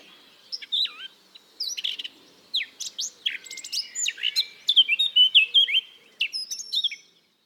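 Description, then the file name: Eurasian blackcap song, a fast, varied warble of chattering and slurred whistled notes in bursts. "Sylvia atricapilla"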